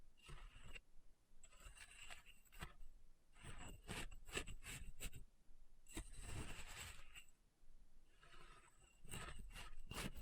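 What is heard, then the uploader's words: A bath bomb is carved in short scraping strokes, each a dry crumbly rasp that starts and stops abruptly. Bursts come every second or so, with denser runs around four and six seconds, separated by brief near-silent pauses with a faint steady hiss. ASMR Satisfying Bath Bomb Carving (No Talking).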